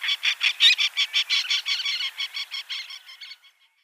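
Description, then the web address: Little tern calls, a rapid series of many harsh, rasping kit notes, fading out toward the end. "Schulze Peter Little Tern"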